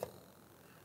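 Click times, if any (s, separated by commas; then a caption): 0.0 s. On a 1988–2006 Yamaha Blaster 200 engine being built, the peg on the kick start mechanism is pushed in between the two return springs in the engine case. A single short click at 0.03 s marks the peg seating into place, followed by quiet. The peg is confirmed seated.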